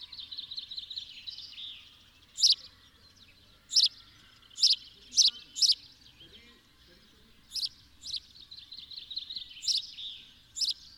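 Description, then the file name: House sparrow calls: several emphatic cheeps in loose clusters over continuous high chattering. "Passer domesticus"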